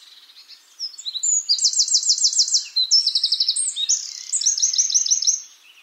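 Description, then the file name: Eurasian wren song: a burst of sharp high notes leading into rapid rolling trills and rattles, delivered fast and loud for about five seconds. "Troglodytes troglodytes"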